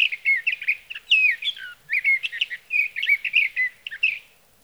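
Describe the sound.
Sage thrasher song: fast warbling phrases of clear slurred whistles in a continuous run.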